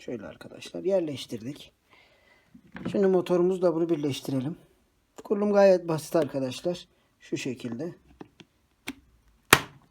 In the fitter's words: çıt sesini duyduktan sonra motor ve filtre haznesi takılmış oldu.